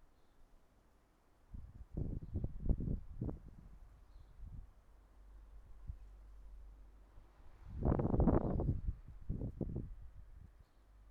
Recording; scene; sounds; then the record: everyday scene through a hearing-aid microphone; wind on the microphone; wind, traffic, birds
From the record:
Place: suburban garden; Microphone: behind the ear, right, front